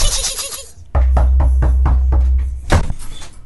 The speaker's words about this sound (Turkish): Kapı çalıyor.